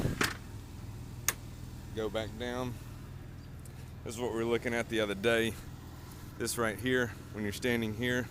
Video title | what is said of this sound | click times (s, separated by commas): Jayco Talon Tutorial | To go back down, you pull it out and it'll unlock it. | 1.3 s